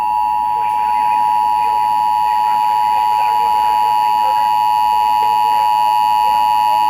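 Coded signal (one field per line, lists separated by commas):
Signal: Emergency Alert System (SAME) tones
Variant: 853 and 960 Hz attention tone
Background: speech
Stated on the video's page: Tornado warning caught on NOAA Weather Radio and several FM and AM radio stations.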